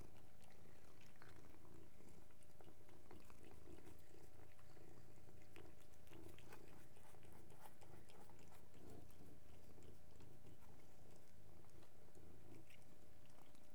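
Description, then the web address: Cats purring continuously, a dense low vibrating drone with soft rhythmic pulses and faint scratchy ticks above. Three cats purring together. "BBC Sound Effects Library BBC 06-Animals and Birds 04 Three Cats Purring"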